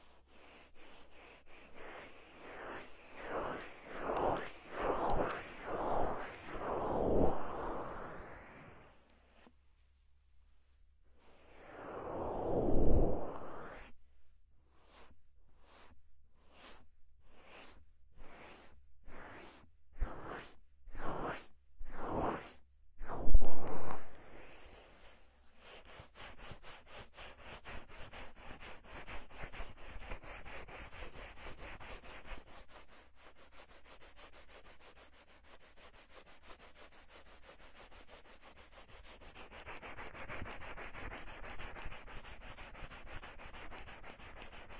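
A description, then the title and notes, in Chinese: Rubbing and massaging of the ears, heard as repeated soft swishing strokes that rise and fall in quick rhythmic bursts during the first half, with a few longer swells. Later the rubbing turns quieter and denser, a steady fine scratching texture with slight surges near the end. 放松按摩耳朵。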